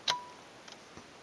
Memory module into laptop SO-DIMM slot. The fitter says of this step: sleeper pressure on the top push it straight down until you hear the click